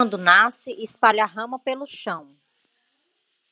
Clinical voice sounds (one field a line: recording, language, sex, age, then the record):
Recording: short text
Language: Brazilian Portuguese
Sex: female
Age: 20 to 29 years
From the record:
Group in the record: control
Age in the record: 29 years